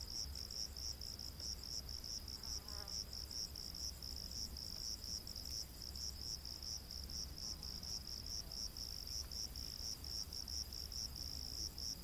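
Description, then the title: Crickets chirping in a dense unbroken pulsing chorus, steady and high, with faint low rumbling beneath. Rainforest at night. "Crickets of the Rainforest"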